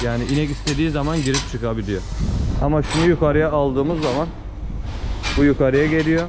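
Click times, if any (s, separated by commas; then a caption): none. Someone talks while the metal lock lever of a self-locking cattle feed barrier (headlock) is lifted to its upper position, so that the barrier will close and lock when a cow lowers its head. The lever is handled but not yet home, and nothing has seated or clicked yet.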